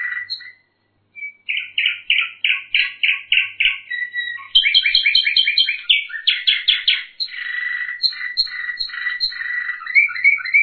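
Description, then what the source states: Bird singing after a short pause, rapid repeated buzzy trills that step upward, then a dense rattling chatter with mixed whistled notes. Masteran tutor recording.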